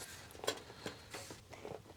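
A metal I/O shield is being handled at the rear opening of a PC case, about to be pushed up so its four corners click in one by one. Soft handling rustles and light taps are heard, with a sharper tap near 0.5 s and a smaller one near 1.8 s. Nothing has seated or clicked yet.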